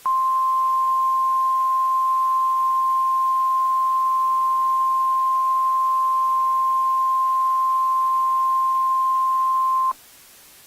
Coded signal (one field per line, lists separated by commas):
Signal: Emergency Alert System (SAME) tones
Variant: 1050 Hz attention tone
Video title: EAS Scenario - Black Hills Tornado Outbreak